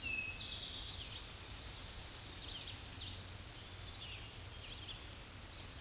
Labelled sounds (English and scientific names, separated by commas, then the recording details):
Tennessee Warbler (Leiothlypis peregrina) song
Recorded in a Pennsylvania forest on 16 May 2024 at 07:59
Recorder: AudioMoth, point MSD-2349
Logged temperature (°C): 15.8 °C
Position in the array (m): 69 m, 60 m